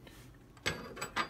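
A metal cam-lock collar on a quick-connect fuel fitting is rotated with half-inch and 5/8-inch wrenches on the hardline to a high-pressure fuel pump. After faint rattling, a sharp metallic click at 0.7 s marks the collar locking into place, followed by softer clicks around 1.0 s and 1.2 s. The collar is seated and locked.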